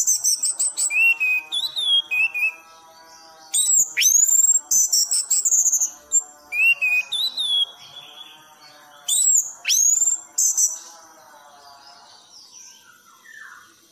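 A songbird sings in rapid bursts of bright, sweeping whistles and chirps, loudest around 0–2, 3.5–5.5, 6–8 and 9–11 seconds, with quieter gaps between. Underneath runs a steady, faint stack of lower tones, and the song fades toward the end.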